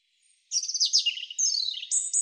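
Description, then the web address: European robin singing a dense, rapid phrase of high, liquid notes that tumble downward, then rise again to thin, very high whistles. "cianscape birddata Deverinetal 2025 Bird Er Ru"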